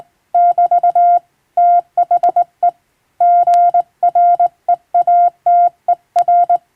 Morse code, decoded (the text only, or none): <BT> THE GREATER